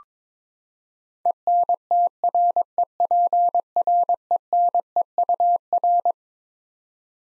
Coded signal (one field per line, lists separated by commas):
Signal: Morse code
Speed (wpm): 22 wpm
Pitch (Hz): 700 Hz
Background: none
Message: ENTREPRENEUR